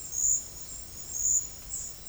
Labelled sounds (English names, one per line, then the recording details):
none
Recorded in dense forest near Puerto Asís, Putumayo, Colombia, on 21 February 2024 at 09:00
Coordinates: 0.487, -76.319
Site G6403